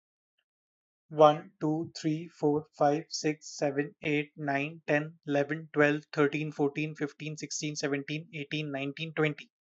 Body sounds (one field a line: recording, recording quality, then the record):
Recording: counting at a fast pace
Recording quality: excellent, no background noise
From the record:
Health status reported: healthy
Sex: male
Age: 26 years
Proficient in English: yes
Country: India